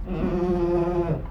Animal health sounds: contact call of a hoofed animal; goat; low-frequency (closed-mouth) or high-frequency (open-mouth) call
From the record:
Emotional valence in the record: negative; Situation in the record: food frustration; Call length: 1.31 s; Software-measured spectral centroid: 950 Hz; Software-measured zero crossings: 710 a second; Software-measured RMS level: -24 dBFS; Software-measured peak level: -12 dBFS

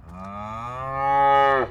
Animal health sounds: contact call of a hoofed animal; cattle; low-frequency (closed-mouth) or high-frequency (open-mouth) call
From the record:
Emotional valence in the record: negative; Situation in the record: full separation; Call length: 1.70 s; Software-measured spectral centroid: 1350 Hz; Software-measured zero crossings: 1730 a second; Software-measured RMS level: -22 dBFS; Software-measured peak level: -8 dBFS

